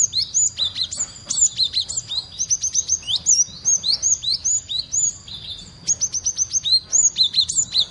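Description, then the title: Cinereous tit chirps: quick, piercing high notes in short series, with brief pauses between bursts. Used as a lure and for therapy. "Burung Gelatik, suara gelatik batu untuk pancingan & terapy."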